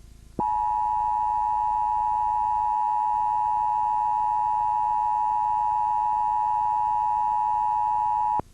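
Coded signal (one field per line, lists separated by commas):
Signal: Emergency Alert System (SAME) tones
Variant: 853 and 960 Hz attention tone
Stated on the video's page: Real Emergency Alert System AMBER child abduction activation from Florida, recorded from broadcast.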